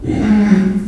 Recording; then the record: squeal of a Yucatan mini pig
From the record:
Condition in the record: after surgery on the right vocal fold (resection and tissue-engineered implant); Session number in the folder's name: 1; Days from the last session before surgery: 13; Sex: female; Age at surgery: 19 weeks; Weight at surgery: 25 kg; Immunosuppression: prednisolone